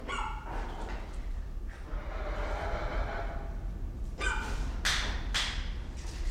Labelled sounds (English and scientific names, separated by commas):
Malabar Pied Hornbill (Anthracoceros coronatus) call, Choco Toucan (Ramphastos brevis), Channel-billed Toucan (Ramphastos vitellinus)